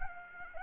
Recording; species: mosquito wingbeat signal from an infrared sensor; Anopheles arabiensis